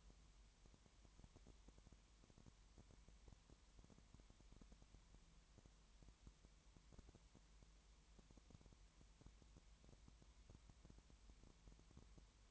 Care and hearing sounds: daily activity, microphone in the room; no activity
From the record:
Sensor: 3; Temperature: 20.5 degrees Celsius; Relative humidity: 32.9%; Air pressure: 1003.2 hPa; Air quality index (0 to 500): 106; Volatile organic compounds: 2 ppm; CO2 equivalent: 1073 ppm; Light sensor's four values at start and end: 2/3/2/2 and 2/3/2/2

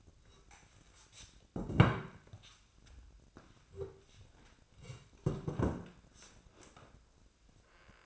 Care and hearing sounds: daily activity, microphone in the room; sit down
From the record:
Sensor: 2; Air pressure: 1012.1 hPa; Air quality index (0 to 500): 157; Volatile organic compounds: 2 ppm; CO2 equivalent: 1150 ppm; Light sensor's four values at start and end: 38/95/41/47 and 58/147/63/77

